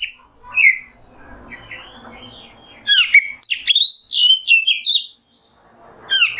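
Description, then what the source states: Oriental magpie-robin giving a couple of whistled notes, a quiet pause, then a loud burst of rapid whistled notes and a final short phrase. Kacer masteran, a tutor song for training songbirds, in the nembak song style.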